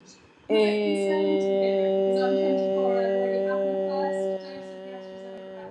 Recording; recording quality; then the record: sustained vowel as in made; moderate, slight background noise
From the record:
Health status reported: healthy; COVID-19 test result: not tested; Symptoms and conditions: none ticked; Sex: female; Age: 54 years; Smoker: not ticked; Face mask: worn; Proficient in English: yes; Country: India